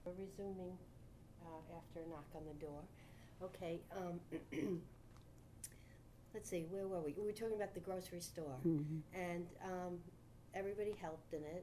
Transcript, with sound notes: We're resuming after a knock on the door. Okay, [clears throat] let's see. Where were we? We were talking about the grocery store.
Uh-hmm.
And everybody helped in it.